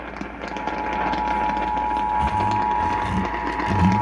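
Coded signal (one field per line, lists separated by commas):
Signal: Emergency Alert System (SAME) tones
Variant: 853 and 960 Hz attention tone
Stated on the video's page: Emergency Alert System alerts, part of a run of 22 catches in one day.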